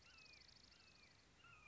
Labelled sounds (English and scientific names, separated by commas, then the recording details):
Red-shouldered Hawk (Buteo lineatus)
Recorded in Sonoma County, California